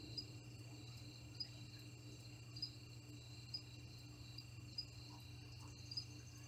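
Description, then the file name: Crickets give sharp high chirps about every second, layered over an unbroken trill and a low steady hum. "Cricket Sounds - Relax"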